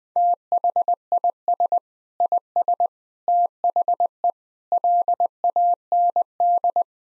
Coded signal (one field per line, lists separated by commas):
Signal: Morse code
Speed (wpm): 21 wpm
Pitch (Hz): 700 Hz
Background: none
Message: THIS IS THE LAND